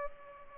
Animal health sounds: mosquito wingbeat signal from an infrared sensor; Culex pipiens

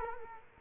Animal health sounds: mosquito wingbeat signal from an infrared sensor; Culex quinquefasciatus

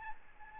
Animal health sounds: mosquito wingbeat signal from an infrared sensor; Aedes albopictus

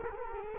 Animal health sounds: mosquito wingbeat signal from an infrared sensor; Culex quinquefasciatus

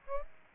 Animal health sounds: mosquito wingbeat signal from an infrared sensor; Aedes albopictus

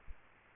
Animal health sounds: mosquito wingbeat signal from an infrared sensor; Aedes aegypti

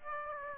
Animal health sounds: mosquito wingbeat signal from an infrared sensor; Aedes aegypti

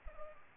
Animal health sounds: mosquito wingbeat signal from an infrared sensor; Culex pipiens

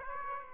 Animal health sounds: mosquito wingbeat signal from an infrared sensor; Aedes aegypti

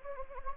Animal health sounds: mosquito wingbeat signal from an infrared sensor; Anopheles gambiae

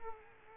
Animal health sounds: mosquito wingbeat signal from an infrared sensor; Culex quinquefasciatus

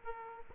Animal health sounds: mosquito wingbeat signal from an infrared sensor; Aedes aegypti

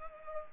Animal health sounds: mosquito wingbeat signal from an infrared sensor; Culex pipiens

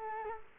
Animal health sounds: mosquito wingbeat signal from an infrared sensor; Culex quinquefasciatus

